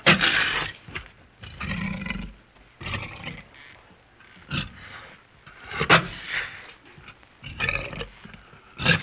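Tiger growling, a series of harsh rumbling bursts, some long and some short, across about nine seconds.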